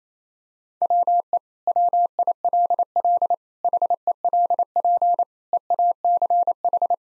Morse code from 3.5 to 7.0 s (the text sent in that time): HELP EACH